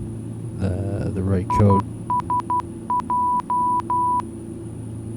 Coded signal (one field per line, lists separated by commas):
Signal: Morse code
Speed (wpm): 12 wpm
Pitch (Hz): 990 Hz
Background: speech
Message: ISJ